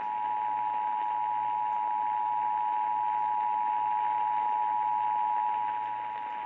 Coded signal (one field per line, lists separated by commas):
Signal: Emergency Alert System (SAME) tones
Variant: 853 and 960 Hz attention tone